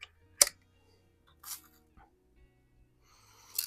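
A small spring-loaded detent is pressed down into the base of a Tom Palmer 1938B/499B iron sight, giving a sharp click at 0.4 s. Softer scraping and rustling follow around 1.5 s and 3.6 s over a faint low tonal hum. The detent has not gone all the way down, so it is only partly seated.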